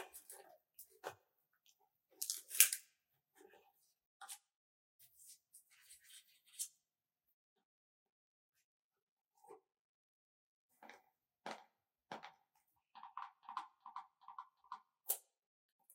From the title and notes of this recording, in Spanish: ASMR Unboxing. Los sonidos suaves y tranquilos de cada paquete siendo abierto.